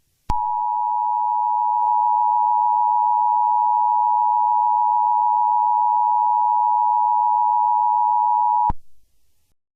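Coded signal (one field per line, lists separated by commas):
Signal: Emergency Alert System (SAME) tones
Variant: 853 and 960 Hz attention tone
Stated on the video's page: Fictional EAS scenario; simulated alert.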